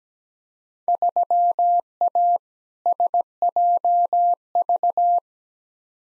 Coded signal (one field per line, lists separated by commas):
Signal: Morse code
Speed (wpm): 17 wpm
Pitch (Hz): 700 Hz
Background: none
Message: 3A SJV